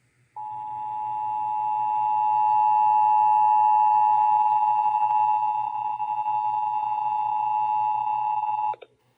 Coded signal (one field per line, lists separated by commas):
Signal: Emergency Alert System (SAME) tones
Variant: 853 and 960 Hz attention tone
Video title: (EAS #786-793) January 2025 Texas Required Monthly Test